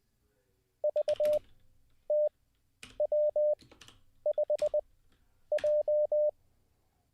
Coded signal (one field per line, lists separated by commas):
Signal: Morse code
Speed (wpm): 20 wpm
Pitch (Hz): 600 Hz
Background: none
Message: VTW5J